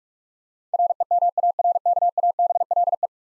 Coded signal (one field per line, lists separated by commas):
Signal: Morse code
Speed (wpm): 45 wpm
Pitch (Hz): 700 Hz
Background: none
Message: REMARKABLE